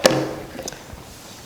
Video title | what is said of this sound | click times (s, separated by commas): How to install JR/Futaba style plugs with HobbyStar Crimping Pliers | you press these down all the way. You'll hear that click, let go, | 0.1 s